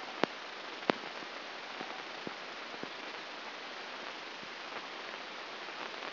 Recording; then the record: brain microelectrode recording played as sound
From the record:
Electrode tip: inside the subthalamic nucleus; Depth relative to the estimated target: -2 mm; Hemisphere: left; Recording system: AlphaMap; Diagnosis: Parkinson's disease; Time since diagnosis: 9 years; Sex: male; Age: 68 years